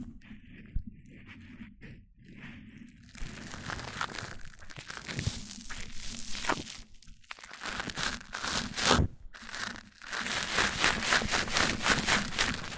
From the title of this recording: MIC ON MIC Triggers Richer Sounds